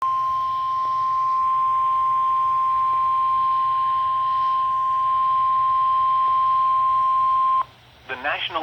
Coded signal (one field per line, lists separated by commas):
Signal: Emergency Alert System (SAME) tones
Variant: 1050 Hz attention tone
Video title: EAS #275-291 Flash Flood Warning for my area AGAIN! On WNG706 and Multiple FM Stations